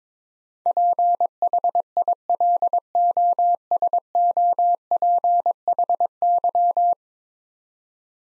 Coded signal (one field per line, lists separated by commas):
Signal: Morse code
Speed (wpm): 22 wpm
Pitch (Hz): 700 Hz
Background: none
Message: PHILOSOPHY